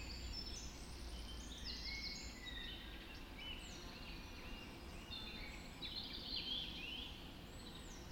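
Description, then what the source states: Dawn chorus with several birds singing at once, sweeping whistled notes and fast trills overlapping throughout, over a constant low rumble. Dawn chorus recorded just after dawn in the Forest of Dean.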